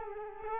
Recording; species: mosquito wingbeat signal from an infrared sensor; Culex quinquefasciatus